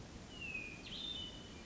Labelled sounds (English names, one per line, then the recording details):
Hermit Thrush
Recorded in Sonoma County, California